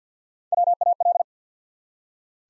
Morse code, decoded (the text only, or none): WAL